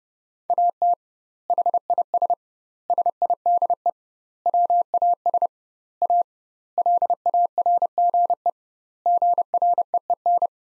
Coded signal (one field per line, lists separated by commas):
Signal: Morse code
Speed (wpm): 30 wpm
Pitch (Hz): 700 Hz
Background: none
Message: AT HIS SIDE WAS A LARGE GREEN